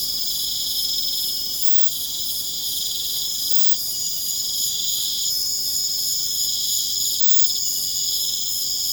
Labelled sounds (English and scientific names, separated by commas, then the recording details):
none
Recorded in pastures near Puerto Asís, Putumayo, Colombia, on 29 June 2025 at 22:00
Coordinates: 0.472, -76.331
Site G095